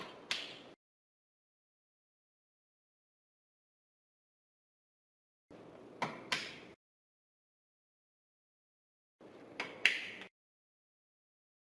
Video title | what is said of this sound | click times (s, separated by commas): Firefly Installation Video Feb 2019 | want to make sure I hear that click on every screw you you | 0.3 s, 6.0 s, 6.3 s, 9.6 s, 9.9 s